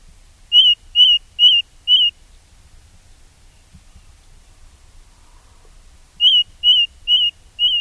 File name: Ring Ouzel